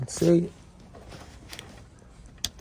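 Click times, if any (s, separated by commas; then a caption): 2.5 s. Someone talks briefly as the rear seat cushion of a Tesla Model 3 is pushed down, followed by faint rustling and light taps. At 2.5 s a sharp, bright click is heard as the cushion's plastic retaining clip snaps back into its receptacle in the car floor, and the clip is seated.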